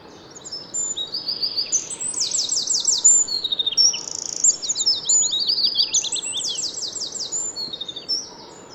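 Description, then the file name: Eurasian wren song, a rapid stream of very high, sharp notes and buzzy trills that runs almost without pause through the whole stretch, over faint background hiss. "Troglodytes troglodytes"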